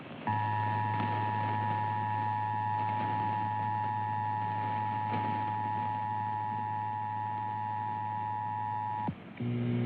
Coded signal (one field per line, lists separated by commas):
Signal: Emergency Alert System (SAME) tones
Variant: 853 and 960 Hz attention tone